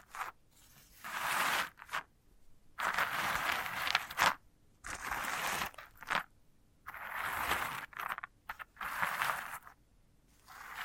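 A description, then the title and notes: A sunflower head is scraped and rubbed in repeated bursts of about a second each, dry crackly scratching separated by short silent pauses. ASMR of a Sunflower Head (No Talking).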